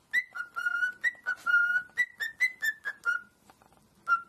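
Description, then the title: Cockatiel whistled song: a quick string of clear notes alternating between two pitches, fading out before a final whistle. Whistling song of cockatiels, more than one bird. "Calopsitas Cantando Assobio"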